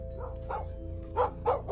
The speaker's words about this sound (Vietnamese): Đang đứng ngắm nghía quả chuông dẫn vong, bỗng nhiên Hiếu giật mình, bởi lẽ nghe tiếng chó cắn ma từ đâu cứ văng vẳng vọng lại.